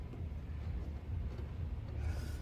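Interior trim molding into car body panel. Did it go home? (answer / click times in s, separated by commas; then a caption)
no / none. A plastic interior trim molding on a right-hand-drive Mazda RX-7 FD is slid into position against the car body panel and lined up before being pushed home. A steady low rumble fills the clip. Nothing has seated or clicked yet.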